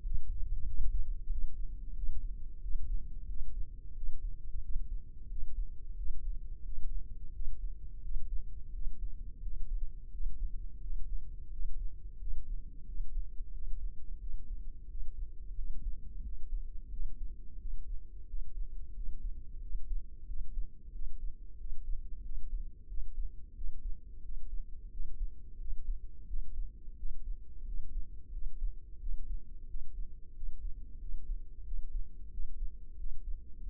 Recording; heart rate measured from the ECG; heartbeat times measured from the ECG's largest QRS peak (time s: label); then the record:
heart sounds by microphone in the left ear; 89 bpm
0.05 s: heartbeat
0.68 s: heartbeat
1.32 s: heartbeat
1.97 s: heartbeat
2.63 s: heartbeat
3.29 s: heartbeat
3.96 s: heartbeat
4.64 s: heartbeat
5.30 s: heartbeat
5.98 s: heartbeat
6.66 s: heartbeat
7.34 s: heartbeat
8.04 s: heartbeat
8.74 s: heartbeat
9.43 s: heartbeat
10.13 s: heartbeat
10.83 s: heartbeat
11.52 s: heartbeat
12.20 s: heartbeat
12.87 s: heartbeat
13.54 s: heartbeat
14.22 s: heartbeat
14.89 s: heartbeat
15.57 s: heartbeat
16.24 s: heartbeat
16.92 s: heartbeat
17.60 s: heartbeat
18.29 s: heartbeat
18.96 s: heartbeat
19.62 s: heartbeat
20.28 s: heartbeat
20.94 s: heartbeat
21.59 s: heartbeat
22.24 s: heartbeat
22.89 s: heartbeat
23.56 s: heartbeat
24.24 s: heartbeat
24.92 s: heartbeat
25.60 s: heartbeat
26.29 s: heartbeat
26.98 s: heartbeat
27.67 s: heartbeat
28.34 s: heartbeat
29.01 s: heartbeat
29.69 s: heartbeat
30.36 s: heartbeat
31.01 s: heartbeat
31.66 s: heartbeat
32.32 s: heartbeat
32.99 s: heartbeat
33.64 s: heartbeat
From the record:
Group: healthy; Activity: rest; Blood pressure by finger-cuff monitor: 132/83 mmHg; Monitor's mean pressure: 99 mmHg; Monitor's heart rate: 90 bpm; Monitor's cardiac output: 7.3 L/min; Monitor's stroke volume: 81 mL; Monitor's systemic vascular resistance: 1020 dyn s/cm5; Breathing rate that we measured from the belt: 18 breaths a minute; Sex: male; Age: 21 years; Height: 175 cm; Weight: 72.6 kg